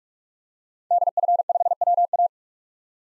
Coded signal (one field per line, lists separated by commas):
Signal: Morse code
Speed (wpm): 42 wpm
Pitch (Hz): 700 Hz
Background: none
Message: DF5WA